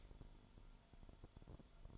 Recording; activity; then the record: daily activity, microphone in the room; light off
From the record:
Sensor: 5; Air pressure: 1008.0 hPa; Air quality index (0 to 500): 101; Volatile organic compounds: 1 ppm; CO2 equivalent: 789 ppm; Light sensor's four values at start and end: 30/69/28/27 and 30/68/27/27